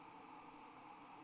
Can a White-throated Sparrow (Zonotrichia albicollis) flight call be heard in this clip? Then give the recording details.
no. No flight call is heard. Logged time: 21:32 on 29 November 2014